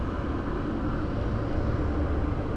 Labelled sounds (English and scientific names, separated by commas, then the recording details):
none
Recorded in Germany
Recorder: ecoPi